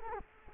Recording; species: mosquito wingbeat signal from an infrared sensor; Culex quinquefasciatus